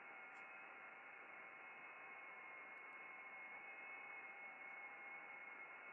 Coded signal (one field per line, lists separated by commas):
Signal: FT8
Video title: Working Ham radio FT8/SSB